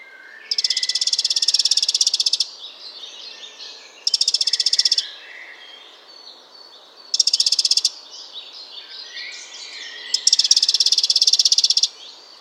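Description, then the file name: Eurasian wren song: four loud bursts of dense, high trills, separated by pauses. "Troglodytes troglodytes"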